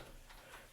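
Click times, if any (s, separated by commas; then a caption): none. A connecting hotel-room door is pushed closed, but its latch bolt fails to catch in the door frame strike. Over about 0.7 seconds only a quiet, steady broadband hush is heard, with faint swells near 0.3 and 0.55 seconds and no sharp transient. Nothing has seated or clicked yet.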